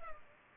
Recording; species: mosquito wingbeat signal from an infrared sensor; Culex pipiens